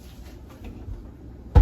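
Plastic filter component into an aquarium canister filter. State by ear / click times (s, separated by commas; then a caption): not seated / none. A plastic filter component is pushed down into a Fluval 207 aquarium canister filter, with quiet low rumbling handling noise through most of the clip. A sudden loud burst starts at about 1.5 s as the clip ends. Nothing has seated or clicked yet.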